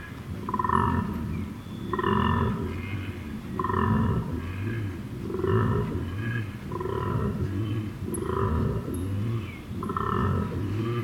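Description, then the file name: Koala bellowing, a long series of pulsed, snore-like and growling bursts, roughly one every one to two seconds. Recorded at night at Emu Creek, Benarkin, on 11 September 2018. "Koala Benarkin Emu Creek Night 11 th Sep 18"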